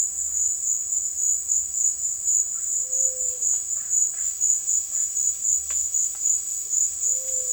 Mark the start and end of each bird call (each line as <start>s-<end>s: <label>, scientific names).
2.50s-6.26s: Cacicus cela
2.82s-3.41s: Geotrygon montana